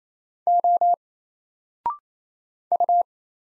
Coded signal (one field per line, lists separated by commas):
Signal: Morse code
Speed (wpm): 28 wpm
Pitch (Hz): 700 Hz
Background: none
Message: O U